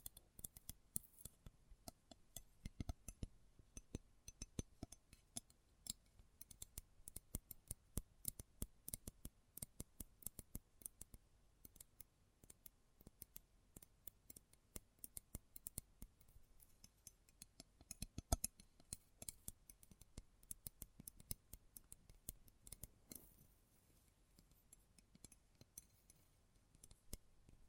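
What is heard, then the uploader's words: Close-up metallic sounds: dense, irregular snipping clicks and ticks run steadily throughout, bright and sharp, with one louder click near eighteen seconds. ASMR Close Up Metallic Sounds (No Talking).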